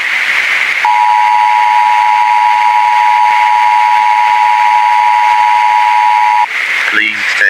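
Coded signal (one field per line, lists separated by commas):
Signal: Emergency Alert System (SAME) tones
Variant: 853 and 960 Hz attention tone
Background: speech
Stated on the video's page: Fictional scenario alert tones, not a real event.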